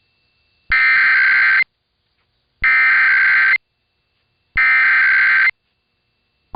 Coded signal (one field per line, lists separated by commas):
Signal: Emergency Alert System (SAME) tones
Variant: header bursts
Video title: [EAS #2069-#2071] KPWR Weekly Test & Pennsylvania Statewide Required Monthly Tests